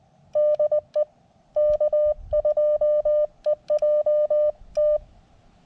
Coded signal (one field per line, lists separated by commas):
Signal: Morse code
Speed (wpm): 19 wpm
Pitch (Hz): 590 Hz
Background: none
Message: DE K2EJT